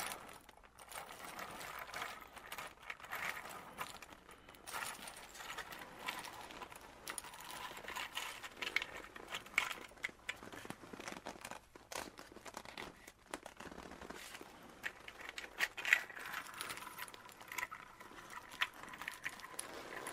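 A leather coat creaks and rustles without pause for the whole stretch, a dense, crackly texture made of many small, quick crinkles. The movement swells and eases in uneven bursts, brightest in the upper middle, with a couple of brief faint squeaks near the sixteen-second mark.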